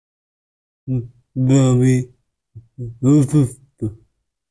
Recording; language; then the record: elicited speech; Bengali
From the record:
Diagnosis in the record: Broca's or global aphasia after a stroke